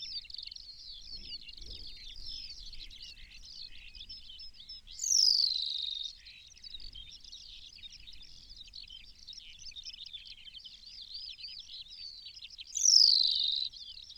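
New Zealand pipit: two strident descending calls about eight seconds apart, set against a steady high-pitched chatter.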